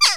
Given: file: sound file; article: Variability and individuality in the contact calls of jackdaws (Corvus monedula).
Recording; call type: jackdaw call; harmonic